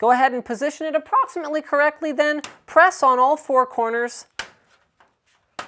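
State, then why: Seated. A thin stamped-metal rear I/O shield plate is positioned in the PC case's rear opening and pressed on its four corners until its tabs snap into place, so it no longer comes out. Someone talks for the first four seconds, then two short, sharp snaps sound at about 5.0 s and 5.6 s, the second much louder. The shield is seated.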